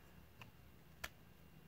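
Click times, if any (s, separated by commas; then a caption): 1.0 s. A symmetrical William Harsey dagger is pushed into a custom-molded Kydex sheath, making a faint tick at 0.4 s and a sharper, louder tick at 1.0 s as the knife bottoms out. It is not a real click, only friction as the blade slides in, but the dagger seats fully in the sheath.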